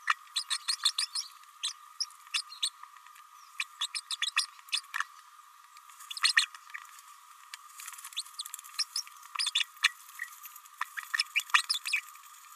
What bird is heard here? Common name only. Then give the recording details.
Green-rumped Parrotlet. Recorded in a nest box in Venezuela. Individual 18B104A5